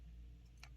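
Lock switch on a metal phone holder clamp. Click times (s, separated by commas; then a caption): 0.6 s. A small lock switch on an aluminium phone holder clamp is flipped after the clamp has been slid into position. A single sharp tick sounds at 0.6 s over a steady low hum, and the switch is locked into place.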